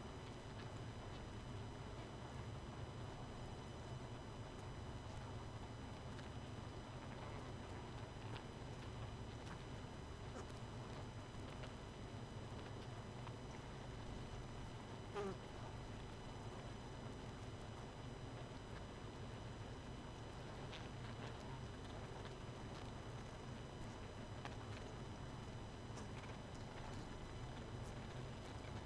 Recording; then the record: honeybee colony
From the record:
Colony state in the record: missing queen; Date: 31 May 2018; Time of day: 23:57